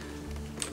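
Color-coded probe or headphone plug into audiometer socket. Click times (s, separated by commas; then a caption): 0.6 s. A blue color-coded probe or headphone plug is matched to the blue socket on a Path Medical audiometer, turned arrow-up and pushed in until it seats with a short, sharp click at 0.6 s. Music plays steadily in the background.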